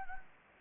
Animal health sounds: mosquito wingbeat signal from an infrared sensor; Anopheles gambiae

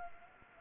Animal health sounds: mosquito wingbeat signal from an infrared sensor; Anopheles gambiae

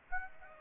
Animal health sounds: mosquito wingbeat signal from an infrared sensor; Aedes aegypti

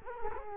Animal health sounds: mosquito wingbeat signal from an infrared sensor; Culex quinquefasciatus

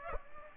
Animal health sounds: mosquito wingbeat signal from an infrared sensor; Aedes aegypti

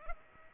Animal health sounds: mosquito wingbeat signal from an infrared sensor; Culex pipiens

